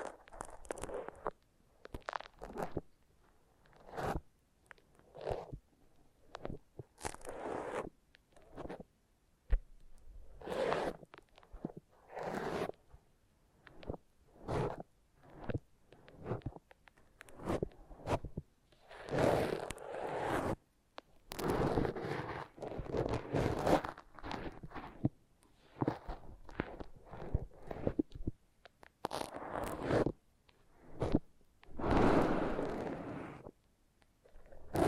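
Foam is rubbed and squeezed in a massage, making a run of short, zipper-like rasping strokes that come roughly once or twice a second in an uneven rhythm. The strokes are mid-pitched and gritty, with quiet gaps between them, and grow louder and denser in the second half.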